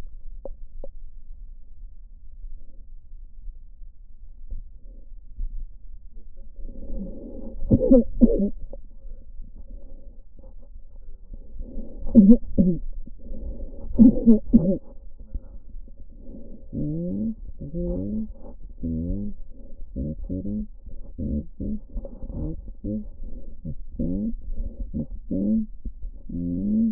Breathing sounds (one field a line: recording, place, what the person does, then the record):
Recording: lung sounds by stethoscope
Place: left posterior basal chest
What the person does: quiet breathing, then cough and speech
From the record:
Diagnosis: COPD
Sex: female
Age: 68 years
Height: 150 cm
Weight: 70 kg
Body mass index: 31.1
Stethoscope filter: diaphragm mode